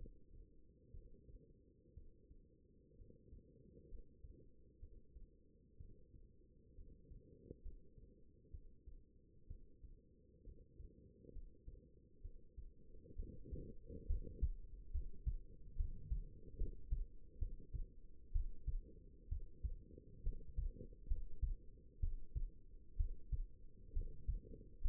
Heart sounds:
heart sounds by stethoscope; 65 bpm
0.91 s: heartbeat
1.94 s: heartbeat
2.96 s: heartbeat
3.88 s: heartbeat
4.79 s: heartbeat
5.77 s: heartbeat
6.75 s: heartbeat
7.62 s: heartbeat
8.51 s: heartbeat
9.47 s: heartbeat
10.43 s: heartbeat
11.32 s: heartbeat
12.21 s: heartbeat
13.16 s: heartbeat
14.06 s: heartbeat
14.91 s: heartbeat
15.76 s: heartbeat
16.57 s: heartbeat
17.38 s: heartbeat
18.32 s: heartbeat
19.28 s: heartbeat
20.23 s: heartbeat
21.07 s: heartbeat
21.99 s: heartbeat
22.96 s: heartbeat
23.93 s: heartbeat
24.81 s: heartbeat
From the record:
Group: healthy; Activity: rest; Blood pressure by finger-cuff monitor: 115/73 mmHg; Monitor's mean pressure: 85 mmHg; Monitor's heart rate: 65 bpm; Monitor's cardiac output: 5.2 L/min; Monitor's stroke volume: 79 mL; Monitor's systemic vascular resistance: 1180 dyn s/cm5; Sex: female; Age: 22 years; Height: 171 cm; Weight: 65.6 kg

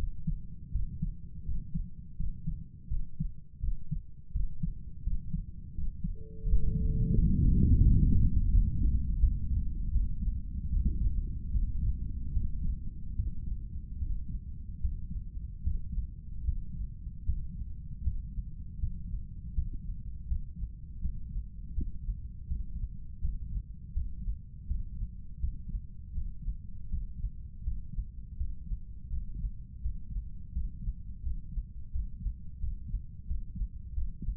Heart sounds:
heart sounds by stethoscope; 81 bpm
0.72 s: heartbeat
1.45 s: heartbeat
2.17 s: heartbeat
2.89 s: heartbeat
3.61 s: heartbeat
4.32 s: heartbeat
5.04 s: heartbeat
5.75 s: heartbeat
6.45 s: heartbeat
7.15 s: heartbeat
7.82 s: heartbeat
8.50 s: heartbeat
9.19 s: heartbeat
9.91 s: heartbeat
10.69 s: heartbeat
11.50 s: heartbeat
12.32 s: heartbeat
13.15 s: heartbeat
13.97 s: heartbeat
14.80 s: heartbeat
15.62 s: heartbeat
16.43 s: heartbeat
17.23 s: heartbeat
18.01 s: heartbeat
18.78 s: heartbeat
19.53 s: heartbeat
20.26 s: heartbeat
20.99 s: heartbeat
21.72 s: heartbeat
22.46 s: heartbeat
23.19 s: heartbeat
23.92 s: heartbeat
24.65 s: heartbeat
25.38 s: heartbeat
26.12 s: heartbeat
26.88 s: heartbeat
27.62 s: heartbeat
28.35 s: heartbeat
29.08 s: heartbeat
29.80 s: heartbeat
30.51 s: heartbeat
31.21 s: heartbeat
31.90 s: heartbeat
32.58 s: heartbeat
33.25 s: heartbeat
33.92 s: heartbeat
From the record:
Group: healthy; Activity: rest 0-6 s, Valsalva maneuver 6-34 s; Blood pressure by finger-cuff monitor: 100/62 mmHg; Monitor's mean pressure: 71 mmHg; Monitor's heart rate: 82 bpm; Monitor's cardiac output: 7.3 L/min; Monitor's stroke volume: 93 mL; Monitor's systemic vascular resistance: 690 dyn s/cm5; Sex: male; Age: 35 years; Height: 180 cm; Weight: 86.9 kg

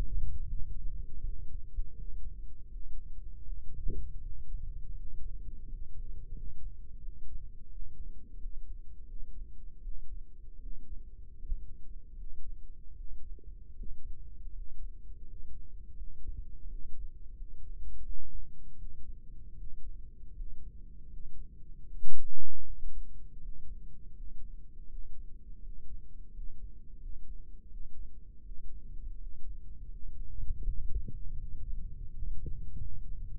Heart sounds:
heart sounds by microphone in the right ear; 82 bpm
0.43 s: heartbeat
1.20 s: heartbeat
1.93 s: heartbeat
2.67 s: heartbeat
3.41 s: heartbeat
4.17 s: heartbeat
4.92 s: heartbeat
5.64 s: heartbeat
6.30 s: heartbeat
6.97 s: heartbeat
7.67 s: heartbeat
8.36 s: heartbeat
9.03 s: heartbeat
9.78 s: heartbeat
10.58 s: heartbeat
11.35 s: heartbeat
12.14 s: heartbeat
12.92 s: heartbeat
13.72 s: heartbeat
14.50 s: heartbeat
15.22 s: heartbeat
15.94 s: heartbeat
16.65 s: heartbeat
17.33 s: heartbeat
18.01 s: heartbeat
18.74 s: heartbeat
19.54 s: heartbeat
20.32 s: heartbeat
21.06 s: heartbeat
21.84 s: heartbeat
22.62 s: heartbeat
23.37 s: heartbeat
24.11 s: heartbeat
24.85 s: heartbeat
25.59 s: heartbeat
26.29 s: heartbeat
26.96 s: heartbeat
27.67 s: heartbeat
28.41 s: heartbeat
29.16 s: heartbeat
29.86 s: heartbeat
30.61 s: heartbeat
31.35 s: heartbeat
32.08 s: heartbeat
32.76 s: heartbeat
From the record:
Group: healthy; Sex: male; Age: 22 years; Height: 181 cm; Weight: 60 kg

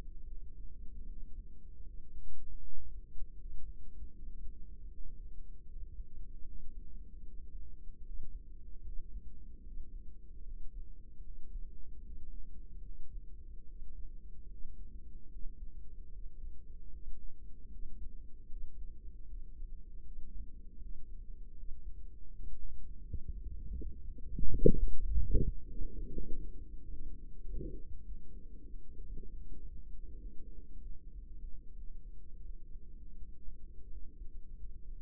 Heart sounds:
heart sounds by microphone in the right ear; 82 bpm
0.25 s: heartbeat
1.06 s: heartbeat
1.83 s: heartbeat
2.60 s: heartbeat
3.35 s: heartbeat
4.11 s: heartbeat
4.88 s: heartbeat
5.65 s: heartbeat
6.44 s: heartbeat
7.23 s: heartbeat
8.03 s: heartbeat
8.82 s: heartbeat
9.62 s: heartbeat
10.43 s: heartbeat
11.22 s: heartbeat
12.01 s: heartbeat
12.82 s: heartbeat
13.66 s: heartbeat
14.48 s: heartbeat
15.29 s: heartbeat
16.10 s: heartbeat
16.90 s: heartbeat
17.69 s: heartbeat
18.47 s: heartbeat
19.26 s: heartbeat
20.02 s: heartbeat
20.78 s: heartbeat
21.54 s: heartbeat
22.30 s: heartbeat
23.03 s: heartbeat
23.74 s: heartbeat
24.42 s: heartbeat
25.06 s: heartbeat
25.67 s: heartbeat
26.24 s: heartbeat
26.81 s: heartbeat
27.41 s: heartbeat
28.02 s: heartbeat
28.65 s: heartbeat
29.29 s: heartbeat
29.92 s: heartbeat
30.52 s: heartbeat
31.10 s: heartbeat
31.74 s: heartbeat
32.43 s: heartbeat
33.16 s: heartbeat
33.89 s: heartbeat
34.55 s: heartbeat
From the record:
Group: healthy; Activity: Valsalva maneuver 0-26 s, rest 26-35 s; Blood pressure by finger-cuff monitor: 123/77 mmHg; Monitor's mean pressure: 93 mmHg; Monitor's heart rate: 77 bpm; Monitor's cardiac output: 5.9 L/min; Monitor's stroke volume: 76 mL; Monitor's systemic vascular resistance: 1120 dyn s/cm5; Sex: female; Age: 24 years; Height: 163 cm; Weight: 55.7 kg

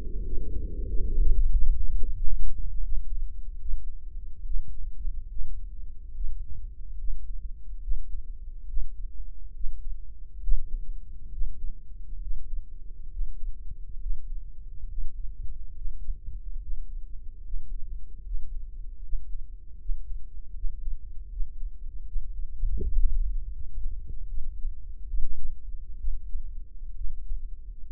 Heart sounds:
heart sounds by microphone in the right ear; 74 bpm
0.24 s: heartbeat
0.87 s: heartbeat
1.50 s: heartbeat
2.14 s: heartbeat
2.82 s: heartbeat
3.59 s: heartbeat
4.45 s: heartbeat
5.29 s: heartbeat
6.14 s: heartbeat
6.98 s: heartbeat
7.81 s: heartbeat
8.67 s: heartbeat
9.53 s: heartbeat
10.41 s: heartbeat
11.31 s: heartbeat
12.20 s: heartbeat
13.10 s: heartbeat
13.99 s: heartbeat
14.87 s: heartbeat
15.74 s: heartbeat
16.59 s: heartbeat
17.42 s: heartbeat
18.23 s: heartbeat
19.01 s: heartbeat
19.78 s: heartbeat
20.53 s: heartbeat
21.29 s: heartbeat
22.05 s: heartbeat
22.81 s: heartbeat
23.50 s: heartbeat
24.28 s: heartbeat
25.08 s: heartbeat
25.98 s: heartbeat
26.95 s: heartbeat
27.88 s: heartbeat
From the record:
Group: healthy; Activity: breath hold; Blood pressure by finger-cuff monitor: 109/76 mmHg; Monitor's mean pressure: 85 mmHg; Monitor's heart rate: 72 bpm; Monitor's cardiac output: 4.9 L/min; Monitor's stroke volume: 67 mL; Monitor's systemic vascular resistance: 1360 dyn s/cm5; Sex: female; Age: 43 years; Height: 160 cm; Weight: 90 kg

